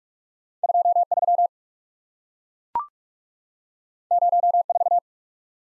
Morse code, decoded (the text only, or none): 23 04